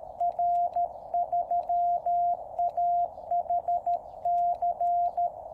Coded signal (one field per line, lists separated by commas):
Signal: Morse code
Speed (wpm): 13 wpm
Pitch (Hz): 700 Hz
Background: radio noise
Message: R3AHC